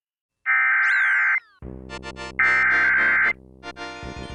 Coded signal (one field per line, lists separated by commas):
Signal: Emergency Alert System (SAME) tones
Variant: header bursts